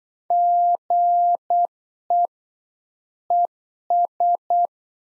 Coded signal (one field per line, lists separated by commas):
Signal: Morse code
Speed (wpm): 8 wpm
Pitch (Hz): 700 Hz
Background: none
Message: GE ES